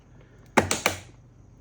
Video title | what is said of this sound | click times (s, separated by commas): Custom PC Build 01 | and you hear the click | 0.6 s